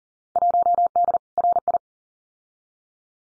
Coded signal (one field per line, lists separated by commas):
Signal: Morse code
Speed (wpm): 40 wpm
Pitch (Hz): 700 Hz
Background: none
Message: 1D RI